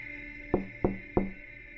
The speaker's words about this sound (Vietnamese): Có tiếng gõ cửa.